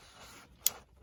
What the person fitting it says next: Ah, I heard a click.